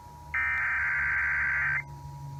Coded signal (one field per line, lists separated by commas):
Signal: Emergency Alert System (SAME) tones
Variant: header bursts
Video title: Southern Oregon's RMT (EAS #2752-2756)